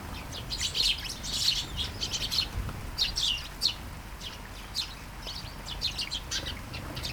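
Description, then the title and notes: Sparrows giving short chirps in irregular clusters, some louder notes standing out, with gentle rain noise underneath. Flying sparrows in a garden at Taastrup, Denmark, early morning during a light shower; recorded on a Sony PCM-D100 with internal mics. "Kærengen 8, 2630 Taastrup, Denmark - Flying sparrows. Flying sparrows in the garden, early morning. Light shower. Vols de moineaux dans le jardin, au petit matin. Pluie fine"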